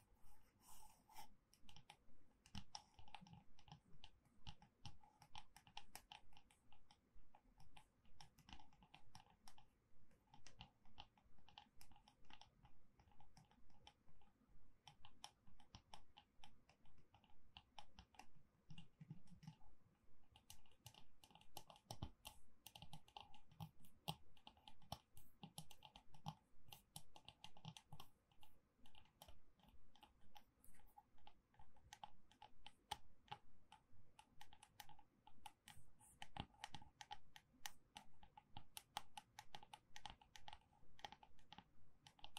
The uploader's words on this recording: ASMR Gentle Tapping to Help You Sleep (No Talking).